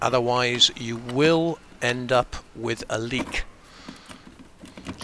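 Someone talks while a plastic drain pump, being replaced in a Bosch, Neff or Siemens dishwasher for an E25 fault, is offered up and squared into its seal and housing in the sump so it does not go in skew and leak. After the talking, light tapping sounds come at about 4.1, 4.8 and 4.9 seconds as the pump is lined up. Nothing has clicked or locked yet; the pump has not been turned to lock.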